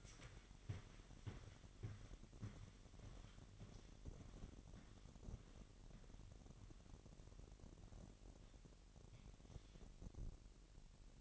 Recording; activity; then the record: daily activity, microphone in the room; walk to room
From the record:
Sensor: 4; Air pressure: 1013.0 hPa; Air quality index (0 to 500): 239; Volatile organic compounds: 4 ppm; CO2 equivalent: 1596 ppm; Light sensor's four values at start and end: 32/78/32/32 and 35/84/34/34